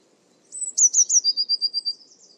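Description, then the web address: Eurasian blue tit song: a few very high thin notes, then a quick, even, slightly lower trill. "cianscape. Deverinetal"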